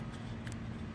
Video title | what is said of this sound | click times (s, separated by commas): Ford 1999-2003 7.3 Powerstroke Dor 603-213 Dorman coolant bottle review | tighten it down I go until it click and that should be the tightness now you can't unscrew it very easy okay | 0.5 s